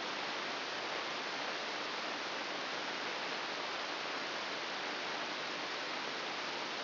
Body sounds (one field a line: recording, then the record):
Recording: brain microelectrode recording played as sound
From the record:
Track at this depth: inside the subthalamic nucleus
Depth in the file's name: 1.407 mm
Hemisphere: right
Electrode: 3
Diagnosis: Parkinson's disease